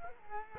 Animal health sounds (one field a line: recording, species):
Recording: mosquito wingbeat signal from an infrared sensor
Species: Culex quinquefasciatus